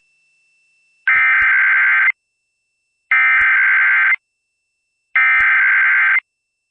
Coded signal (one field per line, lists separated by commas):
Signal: Emergency Alert System (SAME) tones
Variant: header bursts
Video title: EAS Indianapolis Tornado Warning on WJJK Classic Hits 104.5 FM (EAS #108)